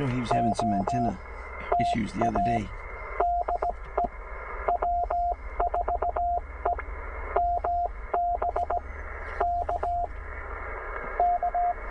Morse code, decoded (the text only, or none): O TA DE W4EMB K K